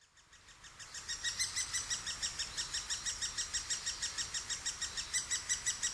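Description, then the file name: Great spotted woodpecker calls: a quick, regular string of high, sharp notes that rises in volume and then holds steady. Recorded in Sapporo, dated 20 June 2011. "akagera 110620 sapporo namba"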